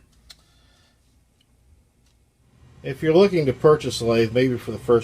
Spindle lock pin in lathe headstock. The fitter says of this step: and you unlock it